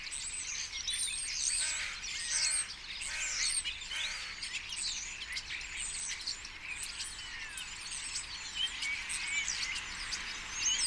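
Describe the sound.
Common starling flock chattering nonstop, high squeaks and trills overlapping.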